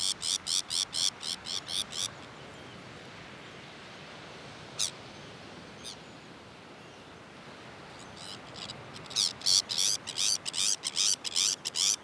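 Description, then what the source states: Sabine's gull producing a rhythmic string of harsh grating calls, falling silent for several seconds with one or two single notes, then resuming a rapid series. Recorded on Jan Mayen, 14 July 2024.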